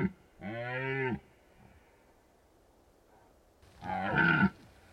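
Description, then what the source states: Red deer stag giving two loud, deep harmonic roars separated by a quiet pause. Stags rutting in the Carpathian Mountains, Bucovina, Romania.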